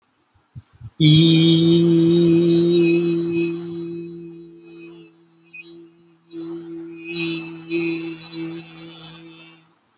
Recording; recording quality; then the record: sustained vowel as in beet; excellent, no background noise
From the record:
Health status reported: healthy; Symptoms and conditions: none ticked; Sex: male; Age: 25 years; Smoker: not ticked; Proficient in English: yes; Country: India